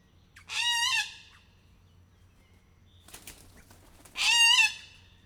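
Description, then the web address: Little corella giving two harsh, rasping screeches about three seconds apart, each lasting under a second, with a brief scratchy rustle between them. Zoo bird in captivity, recorded in 2018 at a zoo in Miskolc, Hungary; described as emboldened. "csupaszszemu kakadu felbatorodva miskolczoo"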